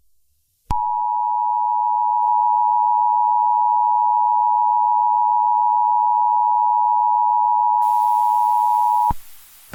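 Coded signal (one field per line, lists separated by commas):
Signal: Emergency Alert System (SAME) tones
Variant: 853 and 960 Hz attention tone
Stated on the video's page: Fictional EAS scenario about a dragon.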